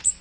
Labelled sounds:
Magnolia Warbler (Setophaga magnolia) flight call

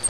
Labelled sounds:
Grace's Warbler (Setophaga graciae) flight call

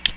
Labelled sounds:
Ovenbird (Seiurus aurocapilla) flight call

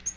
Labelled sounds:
Yellow-rumped Warbler (Setophaga coronata) flight call

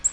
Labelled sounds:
Nashville Warbler (Leiothlypis ruficapilla) flight call

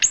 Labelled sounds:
Ovenbird (Seiurus aurocapilla) flight call

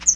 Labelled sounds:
Chestnut-sided Warbler (Setophaga pensylvanica) flight call

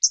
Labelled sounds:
Hooded Warbler (Setophaga citrina) flight call

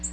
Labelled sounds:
Black-throated Green Warbler (Setophaga virens) flight call

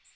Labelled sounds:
Magnolia Warbler (Setophaga magnolia) flight call

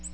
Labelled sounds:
Ovenbird (Seiurus aurocapilla) flight call

